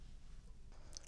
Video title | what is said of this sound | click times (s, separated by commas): Honeywell Home PROA7PLUS: Installing PROTAKEOVER | And like that, once you hear the click, then it's good. | 1.0 s